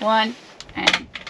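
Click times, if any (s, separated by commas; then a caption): 0.9 s. Someone talks briefly, then the second small latch on a folding shower panel in a van bathroom is released with a sharp click at 0.9 s before the panel folds down. Jangling and handling noise surround the click.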